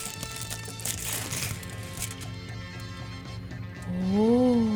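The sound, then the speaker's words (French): An aluminium foil wrapper around a liquor-filled dark chocolate crinkles and is peeled open after a box is opened. It gives a busy, crackly rustle of small snaps throughout, with a wavering voice-like tone rising near the end. “Là, il y a du papier d'aluminium.”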